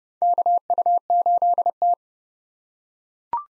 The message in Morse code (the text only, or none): KU8T